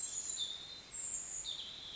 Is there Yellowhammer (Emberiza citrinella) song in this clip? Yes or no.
no